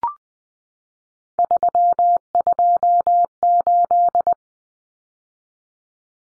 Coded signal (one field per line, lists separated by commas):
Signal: Morse code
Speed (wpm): 20 wpm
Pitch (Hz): 700 Hz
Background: none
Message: 328